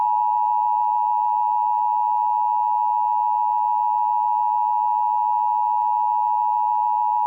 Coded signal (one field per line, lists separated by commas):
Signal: Emergency Alert System (SAME) tones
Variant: 853 and 960 Hz attention tone